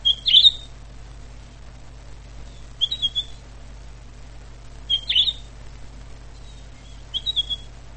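Pine grosbeak calling with short, clear whistled notes in brief two- or three-note bursts, repeated roughly every two seconds.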